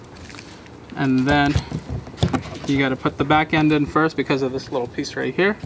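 An aftermarket LED side marker light housing is fitted into the fender opening of a manual Mustang GT, back end first because of a small piece at the back, before the front clip is pressed to snap it in. Someone talks throughout, with a few faint sharp handling noises near 0.4 s and 0.7 s and a louder one at 2.2 s. Nothing has seated or clicked yet by the end of the clip.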